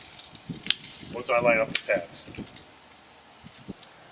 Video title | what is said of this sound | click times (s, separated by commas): LMT's How to install ADA Railing | it's a good time to put my cover plate all snaps into place once | 0.7 s